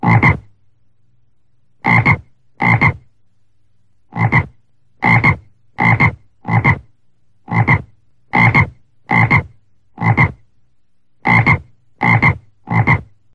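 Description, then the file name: Frog croaking: loud, harsh single croaks repeated irregularly about once a second, sometimes in quick pairs, with a faint low hum between calls. "grenouille"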